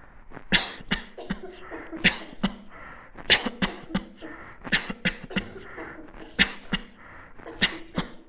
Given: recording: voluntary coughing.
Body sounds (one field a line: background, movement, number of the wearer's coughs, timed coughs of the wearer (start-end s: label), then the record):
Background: a bystander coughing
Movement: sitting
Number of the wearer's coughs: 15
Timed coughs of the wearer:
0.49-0.85 s: cough
0.89-1.09 s: cough
1.28-1.40 s: cough
2.02-2.34 s: cough
2.41-2.55 s: cough
3.27-3.57 s: cough
3.59-3.88 s: cough
3.92-4.08 s: cough
4.70-4.95 s: cough
5.02-5.30 s: cough
5.33-5.50 s: cough
6.37-6.68 s: cough
6.70-6.86 s: cough
7.60-7.89 s: cough
7.95-8.13 s: cough
From the record:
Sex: male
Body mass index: 22.0 kg/m2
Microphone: on the chest, facing the body